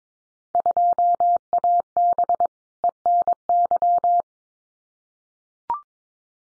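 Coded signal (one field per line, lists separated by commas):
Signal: Morse code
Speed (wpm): 22 wpm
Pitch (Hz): 700 Hz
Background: none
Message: 2AB ENY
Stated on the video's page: Morse code Field Day exchange head-copy drill at 22 wpm, with randomly selected exchanges each sent, spoken, then sent again.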